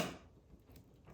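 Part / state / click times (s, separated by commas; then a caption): CPU power cable connector into its socket / seated / 0.8 s. A forgotten CPU power cable's plastic connector is plugged into its socket while working through the cable mess of a mining rig. After a louder burst of handling noise at the start, a single soft click is heard at 0.8 s as the connector latches into place, a satisfying click that shows it has seated.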